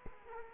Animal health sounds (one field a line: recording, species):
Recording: mosquito wingbeat signal from an infrared sensor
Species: Culex quinquefasciatus